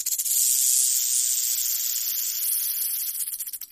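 Rattlesnake rattling, a steady dry buzzing hiss that holds for several seconds, then breaks into pulses toward the end.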